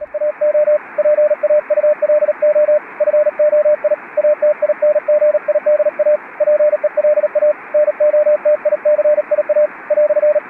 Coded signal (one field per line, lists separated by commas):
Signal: Morse code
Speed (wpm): 37 wpm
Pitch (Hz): 600 Hz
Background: radio noise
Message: AO PAULO FOI ATINGIDA PELA NOTICIA "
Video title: From the telegraph to the digital age – Internet - The career of Dary Bonomi Avanzi